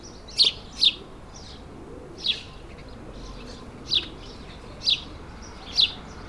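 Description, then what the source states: Sparrow chirps, six short sharp high notes spaced unevenly over a few seconds against a quiet background hiss. Several sparrows, suburban ambient, May 2022.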